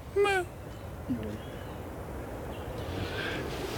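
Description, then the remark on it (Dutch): A chaffinch gives a brief, mournful whistled call, a rich piping note, followed about a second later by a fainter, shorter echoing note, over a soft steady background hiss. “Het is een hele mooie vogel met een heel, heel, heel verdrietig geluidje.”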